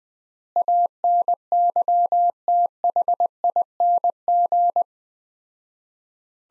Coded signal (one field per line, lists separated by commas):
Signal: Morse code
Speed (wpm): 20 wpm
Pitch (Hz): 700 Hz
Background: none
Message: ANYTHING